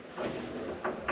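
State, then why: Partly seated. A restored door latch on a vintage Porsche 911 Targa is slowly closed onto its striker, with a steady low rumble underneath. Soft clicks come at 0.9 s and 1.1 s as the latch catches its first detent, and the mechanism works as it should.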